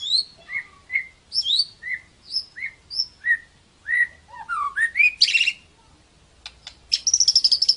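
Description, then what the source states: White-rumped shama song: short clear whistles, some falling, some rising, given in a quick loose series, then a buzzy burst and a thin high trill. Song used as a tutor recording (masteran) to train cage songbirds.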